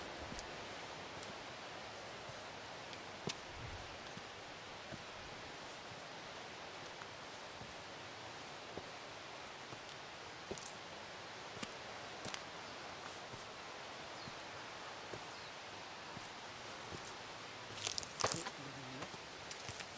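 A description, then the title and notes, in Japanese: An autumn mountainside with a steady, soft hiss of wind and rustling leaves filling the whole twenty seconds. Small dry crackles and snaps scatter through it, with a louder rustle and crunch near the end. 環境音 昨年の秋山。初めての秋の山でした。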